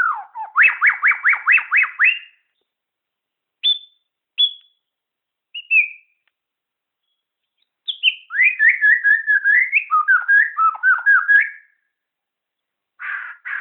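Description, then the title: Shama song starting with a fast series of repeated upswept notes, a few lone high whistles, then a long tumbling warbled phrase and a final buzzy burst. Borneo. "MURAI BORNEO MAS KIKI"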